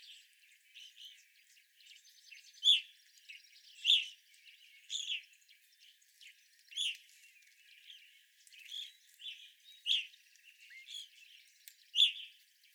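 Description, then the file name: Evening grosbeaks calling: loud, clear notes repeated at irregular intervals of about a second, with softer chirps and a buzzy trill in the background. 25 April 2021. "2021-04-25 Evening Grosbeaks"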